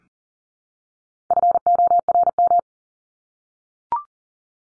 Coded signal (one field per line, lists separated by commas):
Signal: Morse code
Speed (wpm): 40 wpm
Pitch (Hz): 700 Hz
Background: none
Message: FORM